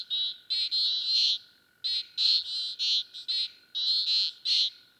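Frog calls in short bursts of harsh, high rattling notes, grouped in quick runs with brief pauses, over a faint steady hum.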